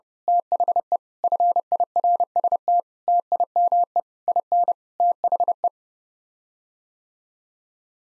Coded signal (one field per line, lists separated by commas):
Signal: Morse code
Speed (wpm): 30 wpm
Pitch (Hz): 700 Hz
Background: none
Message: THE FIRST TIME IN THE